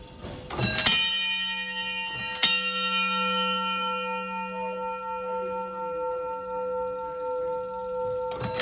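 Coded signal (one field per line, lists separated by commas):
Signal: coded fire alarm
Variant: Gamewell bell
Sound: a few loud bell strokes, each ringing out slowly, with long gaps between them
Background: indoor room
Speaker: four times this is the second round [Music] here comes the next one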